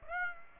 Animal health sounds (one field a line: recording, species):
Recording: mosquito wingbeat signal from an infrared sensor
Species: Aedes aegypti